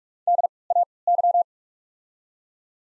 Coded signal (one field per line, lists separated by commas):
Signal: Morse code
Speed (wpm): 47 wpm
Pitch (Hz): 700 Hz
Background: none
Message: D A Y